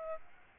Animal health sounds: mosquito wingbeat signal from an infrared sensor; Aedes albopictus

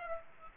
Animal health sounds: mosquito wingbeat signal from an infrared sensor; Aedes aegypti

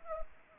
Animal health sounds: mosquito wingbeat signal from an infrared sensor; Anopheles arabiensis

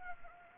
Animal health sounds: mosquito wingbeat signal from an infrared sensor; Anopheles gambiae

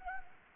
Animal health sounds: mosquito wingbeat signal from an infrared sensor; Anopheles gambiae

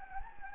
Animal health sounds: mosquito wingbeat signal from an infrared sensor; Anopheles gambiae

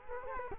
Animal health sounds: mosquito wingbeat signal from an infrared sensor; Culex quinquefasciatus

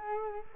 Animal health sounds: mosquito wingbeat signal from an infrared sensor; Culex quinquefasciatus

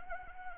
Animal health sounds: mosquito wingbeat signal from an infrared sensor; Anopheles arabiensis

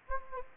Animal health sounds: mosquito wingbeat signal from an infrared sensor; Anopheles gambiae

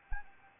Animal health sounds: mosquito wingbeat signal from an infrared sensor; Anopheles arabiensis

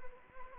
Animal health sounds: mosquito wingbeat signal from an infrared sensor; Anopheles arabiensis

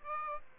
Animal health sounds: mosquito wingbeat signal from an infrared sensor; Aedes aegypti

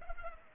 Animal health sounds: mosquito wingbeat signal from an infrared sensor; Culex pipiens

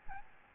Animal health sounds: mosquito wingbeat signal from an infrared sensor; Aedes albopictus

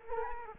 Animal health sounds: mosquito wingbeat signal from an infrared sensor; Culex quinquefasciatus

